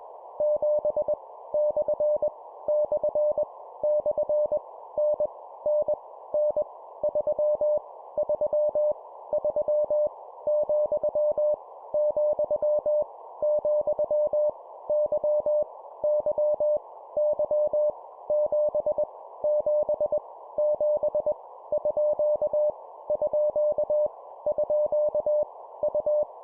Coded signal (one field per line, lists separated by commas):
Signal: Morse code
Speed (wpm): 21 wpm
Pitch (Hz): 600 Hz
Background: none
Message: 7 / / / N N N 3 3 3 , , , Y Y Y 7 7 7 _ _ _ U